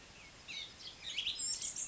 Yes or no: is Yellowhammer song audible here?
no